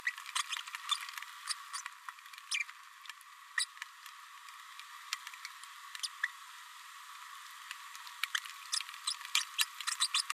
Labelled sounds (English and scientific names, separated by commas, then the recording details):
Green-rumped Parrotlet (Forpus passerinus) babbling
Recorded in a nest box in Venezuela
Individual 18B104A3